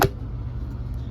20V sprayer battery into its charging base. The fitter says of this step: you just gotta click it in, and then it'll be good to go.